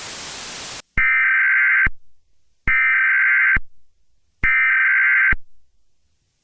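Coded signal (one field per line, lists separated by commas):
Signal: Emergency Alert System (SAME) tones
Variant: header bursts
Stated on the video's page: Fictional EAS scenario set in Grand Theft Auto locations, made with Wondershare Filmora.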